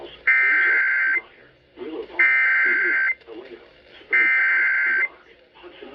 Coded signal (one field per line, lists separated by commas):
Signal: Emergency Alert System (SAME) tones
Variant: header bursts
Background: speech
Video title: Moderate Madness | EAS Alerts from 3/2/23 (EAS #306-330)